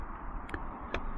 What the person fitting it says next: there you could hear it pop